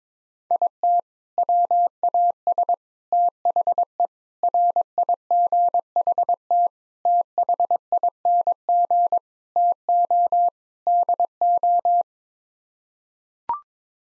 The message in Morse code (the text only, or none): IT WAS THE RIGHT THING TO DO